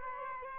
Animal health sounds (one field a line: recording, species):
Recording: mosquito wingbeat signal from an infrared sensor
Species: Aedes albopictus